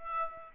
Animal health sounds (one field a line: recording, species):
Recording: mosquito wingbeat signal from an infrared sensor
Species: Aedes aegypti